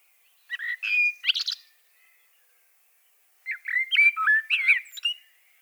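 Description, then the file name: Common blackbird song in two phrases a few seconds apart, each of rich fluting whistles mixed with scratchy, high-pitched chatter. "Turdus merula"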